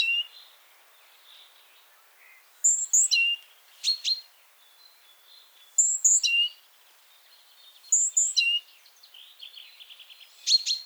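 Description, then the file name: Great tit calls: a high two-note thin whistle dropping to a lower note, repeated several times, with fainter chirps between. "Parus major"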